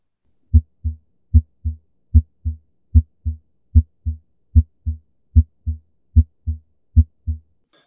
Normal S1 and S2. Not anything complicated there.